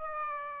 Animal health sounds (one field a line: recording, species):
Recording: mosquito wingbeat signal from an infrared sensor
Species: Aedes aegypti